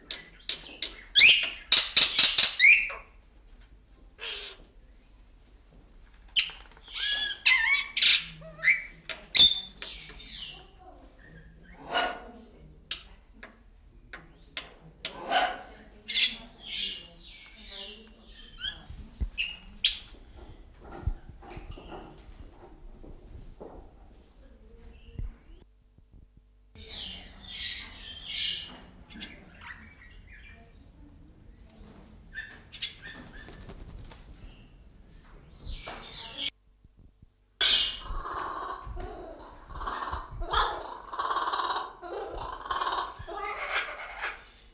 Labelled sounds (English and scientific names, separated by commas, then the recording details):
Laughing Kookaburra (Dacelo novaeguineae)
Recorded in captivity
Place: Zoo Berlin, Berlin, DE
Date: 1996-02-24 11:53
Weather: heiter, -6°C
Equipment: Sony WM-D6C, Sennheiser ME 80, Kopie Uher 4000 Report Monitor
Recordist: Tembrock, Günter
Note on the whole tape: Jägerliest (D.gigas): Ansatz zur Rufreihe